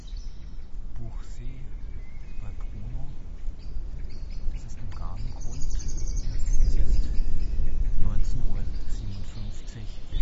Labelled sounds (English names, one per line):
Common Frog call